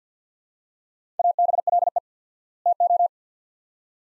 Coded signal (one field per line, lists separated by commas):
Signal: Morse code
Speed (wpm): 50 wpm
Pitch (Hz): 700 Hz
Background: none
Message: ABLE TO